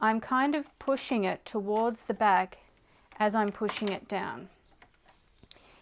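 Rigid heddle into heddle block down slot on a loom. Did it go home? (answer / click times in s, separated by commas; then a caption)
yes / 5.5 s. A wooden rigid heddle on an Ashford rigid heddle loom is pushed toward the back and down into the lower slot of the heddle block while someone talks. A few faint taps follow, and a sharp click at 5.5 s marks the heddle seating in the down position.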